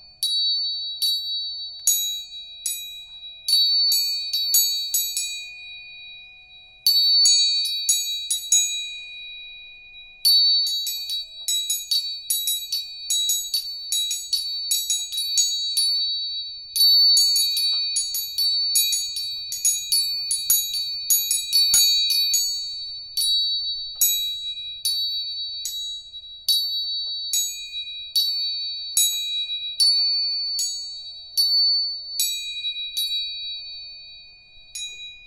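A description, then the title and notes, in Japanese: Three tuning forks are struck again and again, each tap starting a bright, ringing metallic tone that lingers between hits. The strikes come in quick, clustered runs with brief pauses near six and ten seconds, and the sustained high pitches overlap steadily throughout. 音叉チューニング3本。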